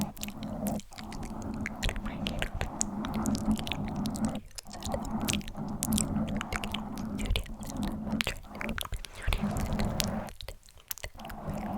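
Scratching on a microphone crackles in quick, dense bursts over a low murmur of whispers, with brief silent gaps near one, four and ten seconds.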